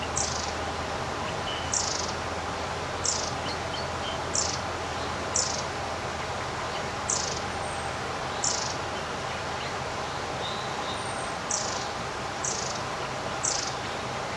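Birds sing in a summer garden, one bird repeating a short, high, bright call about every one to one and a half seconds, a few fainter chirps scattered between. Underneath runs a steady, even hiss with a low hum in the first half.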